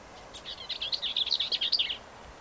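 Bell's vireo song: a rapid, jumbled, chattering warble of scratchy notes lasting under two seconds, over faint low background hiss.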